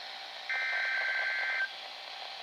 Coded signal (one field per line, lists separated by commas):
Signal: Emergency Alert System (SAME) tones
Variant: header bursts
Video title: NWS Burlington Weekly Test (EAS #1535)